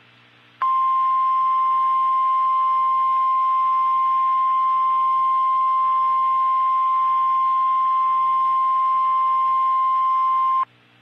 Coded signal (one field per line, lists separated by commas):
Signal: Emergency Alert System (SAME) tones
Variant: 1050 Hz attention tone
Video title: Tornado Warning (EAS #425)